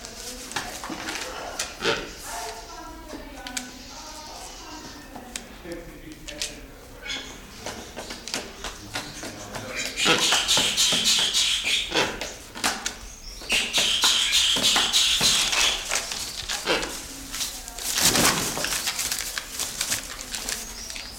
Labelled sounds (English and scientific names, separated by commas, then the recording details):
Wreathed Hornbill (Rhyticeros undulatus)
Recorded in captivity
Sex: pair
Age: adult
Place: Zoo Berlin, Berlin, DE
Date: 1996-03-23 11:14
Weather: heiter, 4°C
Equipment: Sony WM-D6C, Sennheiser ME 80, Kopie Uher 4000 Report Monitor
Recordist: Tembrock, Günter